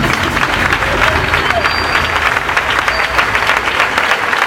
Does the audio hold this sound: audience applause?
yes